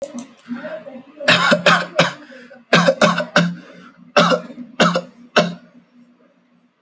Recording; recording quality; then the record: shallow voluntary cough; excellent, no background noise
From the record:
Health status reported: healthy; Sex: male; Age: 21 years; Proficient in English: yes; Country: India